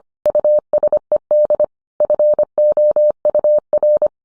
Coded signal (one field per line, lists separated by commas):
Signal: Morse code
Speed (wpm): 25 wpm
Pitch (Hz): 600 Hz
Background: none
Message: USED FOUR